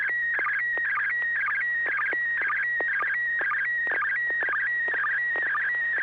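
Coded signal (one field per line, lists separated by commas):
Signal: SSTV (slow-scan television)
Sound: warbling tone between 1.2 and 2.3 kHz with steady stretches, rhythmic dips and crackles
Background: low hum, FM radio clicks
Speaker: so without objection uh here I go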